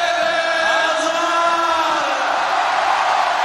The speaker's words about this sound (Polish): a kiedy piłkarze przyjechali już na Grand Place, zaczęło się szaleństwo. Na balkon ratusza piłkarze wchodzili pojedynczo, wywoływani przez spikera. Każdy był oklaskiwany, ale szczególnie witany był kapitan reprezentacji.